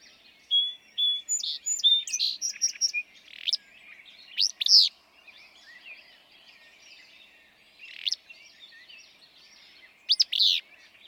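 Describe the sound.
Willow flycatcher giving abrupt buzzy song phrases spaced several seconds apart, after a run of clear whistled notes from another bird, with background chirping.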